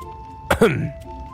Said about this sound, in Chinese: 包拯咳嗽了一声，他需要保持冷静，专注案情，并且禁止插科打诨，于是一摆手。